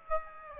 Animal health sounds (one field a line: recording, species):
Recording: mosquito wingbeat signal from an infrared sensor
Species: Aedes aegypti